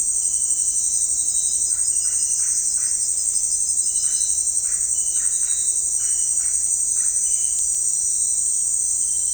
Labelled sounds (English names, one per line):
none